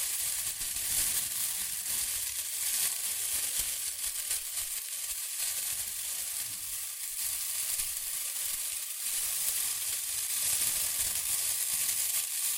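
Shredded tissue and packing peanuts rustle and crinkle without pause, a dense, bright crackle that stays fairly even across the whole stretch. Tiny snaps crowd together like sizzling, with slight swells in loudness near the start and again toward the end.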